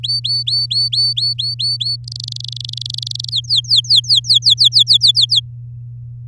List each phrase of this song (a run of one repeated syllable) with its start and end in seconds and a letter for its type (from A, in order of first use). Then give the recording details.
0.03-1.96 A, 2.04-3.30 B, 3.31-5.40 C. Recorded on 10 May 2018 at 14:50. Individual llb16